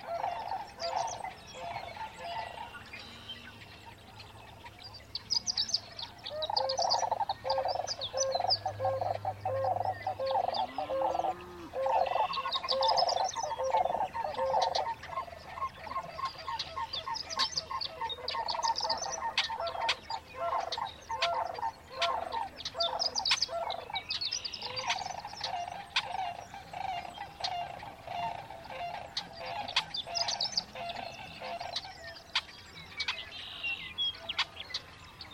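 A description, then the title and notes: Sandhill cranes call repeatedly in a marsh at dawn, their rolling, rattling bugles dense and overlapping from about six seconds on, mostly mid-pitched with bright edges. Other birds chirp throughout, and a low steady hum sits underneath, briefly stronger near eight seconds. Sierra Valley Marsh, June 24, 2023, 5:33am. The sandhill cranes take center stage in this dawn chorus recording in the Sierra Valley Marsh near Portola, California. The microphones were AT-4022 omni condensers on a Jecklin disk binaural baffle.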